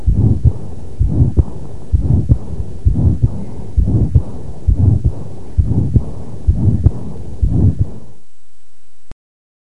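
Adult heart by stethoscope at the second auscultation point, about 66 beats per minute: combined aortic valve disease murmur (aortic stenosis and regurgitation), a harsh systolic murmur seeming to pass into a soft diastolic murmur, with the second heart sound over the aorta sharply weakened or absent. The systolic murmur radiates to the neck vessels, subclavian region and sometimes the interscapular space.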